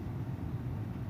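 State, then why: Not seated. A car's handbrake lever in the center console is pulled up toward full travel, working its metal ratchet pawl. Only a steady low rumble is heard, with no distinct clicks, and nothing has seated or clicked into its last notch yet.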